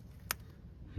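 A wiring harness plug is pushed onto a new engine coolant temperature sensor and latches with a single sharp click at 0.3 s, confirming it is seated in place. Low background hum runs throughout, and someone talks.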